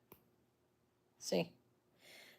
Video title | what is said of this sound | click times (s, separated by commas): Friday Evening Jewelry Sale! Sterling, Stone, Vintage Costume | And they lock here. | 0.1 s